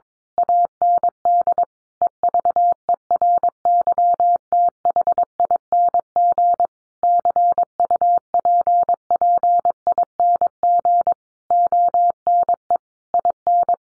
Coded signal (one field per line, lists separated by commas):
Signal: Morse code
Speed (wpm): 22 wpm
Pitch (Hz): 700 Hz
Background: none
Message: AND EVERYTHING CUPPING ONE IN